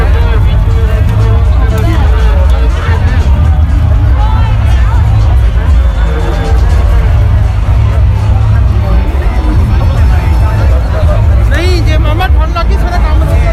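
Crowd sounds from the Shibuya Halloween gathering: many overlapping voices form a dense, steady babble over a constant low rumble. Individual shouts and calls rise out of the mix now and then, with a brighter burst of voices near the twelve-second mark.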